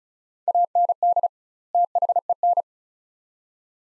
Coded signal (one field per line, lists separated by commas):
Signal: Morse code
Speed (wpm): 36 wpm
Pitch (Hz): 700 Hz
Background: none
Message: AND THEN